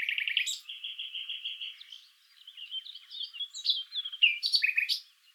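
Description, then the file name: Common nightingale song opening with quick repeated notes and a sustained whistle, then a jumble of varied chirps and sharp flourishes. "Luscinia megarhynchos"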